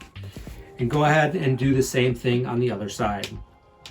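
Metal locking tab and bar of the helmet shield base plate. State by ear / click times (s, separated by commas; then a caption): not seated / none. Someone talks over background music while handling the metal locking tab and bar of a helmet shield base plate on its second side, where the bar gets pushed up and the silver metal tab pulled so it can lock back into place. Nothing has seated or clicked yet; only brief faint taps are heard at 0.0 s and 3.9 s.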